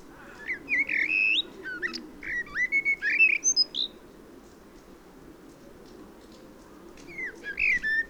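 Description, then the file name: Common blackbird singing a run of mellow warbled notes that slide upward, ending in thin high twitters, then a pause before another phrase begins. "Turdus merula"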